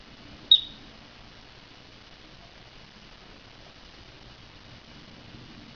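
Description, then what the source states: Marmot giving a single sharp, high whistle early on, followed by quiet background hiss. Adult marmot.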